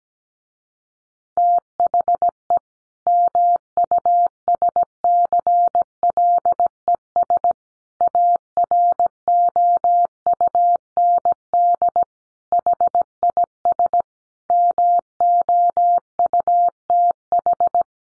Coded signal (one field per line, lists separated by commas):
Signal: Morse code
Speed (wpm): 17 wpm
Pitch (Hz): 700 Hz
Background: none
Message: THE MUSCLES AROUND HIS MOUTH